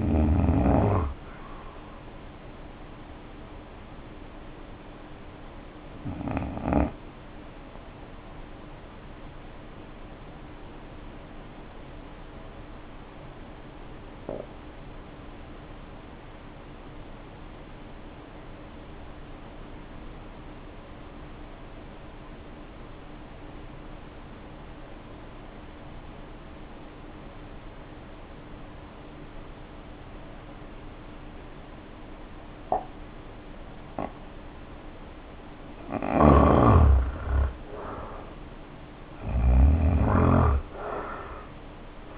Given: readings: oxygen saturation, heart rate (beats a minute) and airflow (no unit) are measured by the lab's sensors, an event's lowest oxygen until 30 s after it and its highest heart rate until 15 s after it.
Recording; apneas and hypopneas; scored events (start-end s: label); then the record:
breathing in sleep by a voice recorder at the bedside; 1
3.00-37.00 s: hypopnea (N1, oxygen 93% highest, then 72% lowest, heart rate 50 at the start, 74 highest)
From the record:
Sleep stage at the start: N1 (lightest sleep); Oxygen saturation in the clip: 69 to 93%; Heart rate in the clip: 50 to 74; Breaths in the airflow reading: 12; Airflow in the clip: -1.5 to 1.9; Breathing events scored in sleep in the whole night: 520 in 7.2 hours asleep